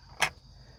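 A plastic handle trim piece is being slid into the rear seat fold-down release housing of a 2015 Toyota Sienna minivan. A single short, bright burst of broadband noise is heard at about 0.2 s, followed by quiet low background noise. Nothing has snapped into place yet.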